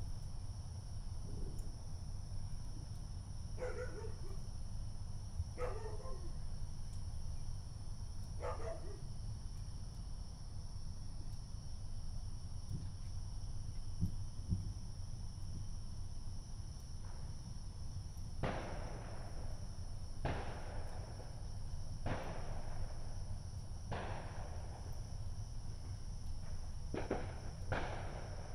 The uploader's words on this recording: Neighborhood Fireworks, 11:00pm. Sitting on my front porch while some of my neighbors blow shit up on the Fourth of July.